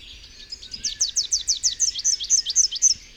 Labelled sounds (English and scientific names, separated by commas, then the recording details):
Rufous-capped Warbler (Basileuterus rufifrons) song
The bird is a male
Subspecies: rufifrons
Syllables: 20
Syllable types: 5
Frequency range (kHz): 2.9-7.9 kHz
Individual FV-OSO-M